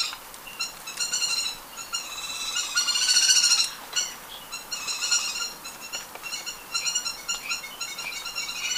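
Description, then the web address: Grass-green tanager giving dense, high chattering and squeaky notes in uneven bursts, with a louder flurry near the middle. Ecuador. "Natures Songs S America Birds of Ecuador Grass-green Tanager"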